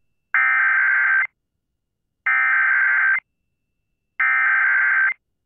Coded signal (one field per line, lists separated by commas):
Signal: Emergency Alert System (SAME) tones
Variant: header bursts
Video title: EAS Tornado Warning North Texas (Denton, Texas) WBAP-AM Dallas, TX +WeatherSTAR4000